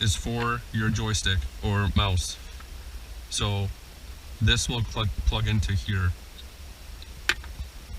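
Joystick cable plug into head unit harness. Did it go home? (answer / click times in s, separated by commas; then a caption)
yes / 7.3 s. Someone talks while plugging the existing joystick or mouse cable of a 2015 Lexus IS350 into the new harness lead for a Lexion 12.3" Android Auto and Apple CarPlay head unit. The connector seats with a sharp, nice click at 7.3 s, and the plug is confirmed seated.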